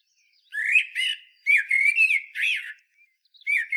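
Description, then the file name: Common blackbird giving mellow, whistled, warbled phrases of rising and falling notes, with a break before a final short phrase. "Turdus merula"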